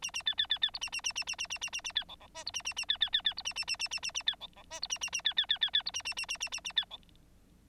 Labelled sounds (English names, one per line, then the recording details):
Bengalese Finch song
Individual Bird9